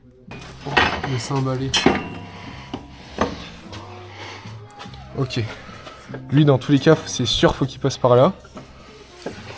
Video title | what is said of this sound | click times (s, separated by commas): Une bonne audi cest 1500 balles pas plus | Oh, c'est chelou, ça s'emboîte pas dedans. | none